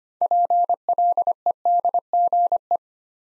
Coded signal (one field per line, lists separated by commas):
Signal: Morse code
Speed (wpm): 25 wpm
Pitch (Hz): 700 Hz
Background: none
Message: PLEDGE